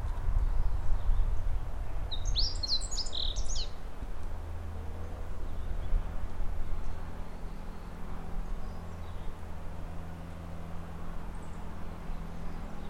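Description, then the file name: Meadow bunting song, a brief burst of quick high notes lasting under two seconds, over steady low rumbling background noise. "houjiro"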